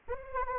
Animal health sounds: mosquito wingbeat signal from an infrared sensor; Anopheles arabiensis

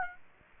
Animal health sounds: mosquito wingbeat signal from an infrared sensor; Aedes aegypti

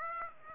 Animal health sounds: mosquito wingbeat signal from an infrared sensor; Aedes aegypti

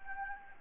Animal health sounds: mosquito wingbeat signal from an infrared sensor; Anopheles gambiae

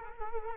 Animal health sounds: mosquito wingbeat signal from an infrared sensor; Culex quinquefasciatus

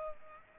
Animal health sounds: mosquito wingbeat signal from an infrared sensor; Culex pipiens

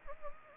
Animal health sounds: mosquito wingbeat signal from an infrared sensor; Anopheles gambiae

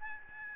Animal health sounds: mosquito wingbeat signal from an infrared sensor; Aedes albopictus

